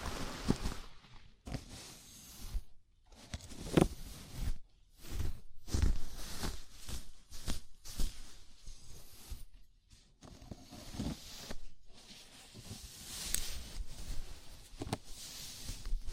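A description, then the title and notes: A scalp massage: fingers rub and scratch through hair in bursts of dry, crackling friction, with short silent gaps between strokes. The rubbing comes in quick, uneven pulses, some strokes louder with low thumps, others a soft bright hiss, continuing throughout. ASMR Sleepy Scalp Massage (No Talking).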